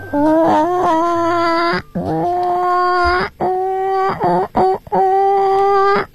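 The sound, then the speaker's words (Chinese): A female radio host imitates a hen about to lay: a series of loud, drawn-out, wavering high-pitched calls in about four phrases, separated by brief pauses. “嗯，想想一只快要下蛋的母鸡，或者平时在悠闲的在溜达的母鸡。”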